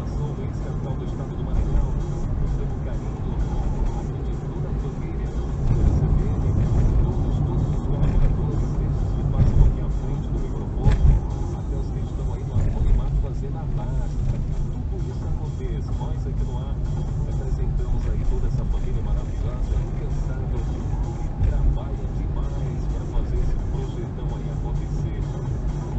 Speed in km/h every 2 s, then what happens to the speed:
52, 53, 55, 53, 47, 37, 32, 29, 32, 38, 41, 42, 41.
0-5 steady at about 53. 5-13 slows to 29. 17-21 speeds up to 42.